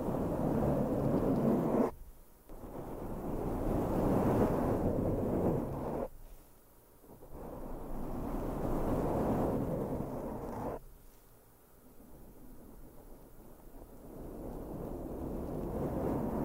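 Mic brushing with no talking: dense, low, rumbling scrapes and rubs fill the recording in long sweeps. The sound cuts out abruptly near 2, 6 and 11 seconds, leaving short quiet gaps before each new stroke builds back up.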